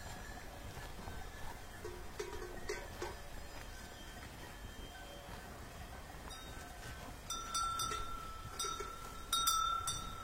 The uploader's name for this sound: driving cows on the mountain road, crisp bells